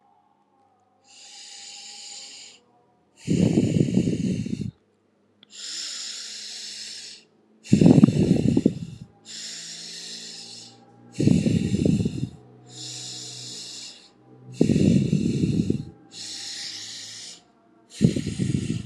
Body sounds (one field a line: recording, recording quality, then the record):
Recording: deep breathing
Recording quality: excellent, no background noise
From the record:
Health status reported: healthy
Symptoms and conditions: none ticked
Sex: female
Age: 37 years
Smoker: not ticked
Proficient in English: yes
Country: India